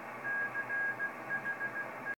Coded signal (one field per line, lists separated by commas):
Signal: Morse code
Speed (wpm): 16 wpm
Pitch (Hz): 1650 Hz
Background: none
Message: CHE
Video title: Kenwood TS-430S HF Transceiver with intermittent low receive sensitivity